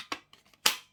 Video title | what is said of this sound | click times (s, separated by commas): Greenote Cordless Vacuum Cleaner user guide | until it clicks | 0.7 s